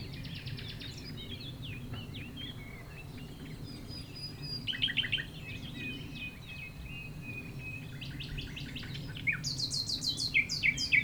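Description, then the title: Common nightingale song in short bursts among other birdsong: trills around five and nine seconds and a loud rapid repeated phrase near the end, with a low rumble underneath. Several nightingales singing in Chindrieux, France; a rototiller running in the distance; recordist a few metres from the foreground singer. "195 Rue de Vars, Chindrieux, France - Rossignols"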